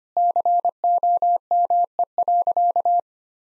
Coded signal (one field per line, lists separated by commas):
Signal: Morse code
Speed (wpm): 25 wpm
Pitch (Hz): 700 Hz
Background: none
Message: COME.